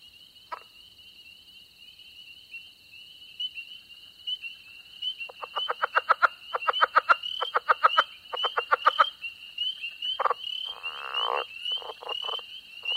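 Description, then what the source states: Southern leopard frog gives quick series of grunts, then a longer chuckle, with a constant shrill peeping chorus throughout. Two calling in rough alternation, grunting notes and loud chuckling calls; early spring chorus at a small pond in Mississippi; spring peepers in background.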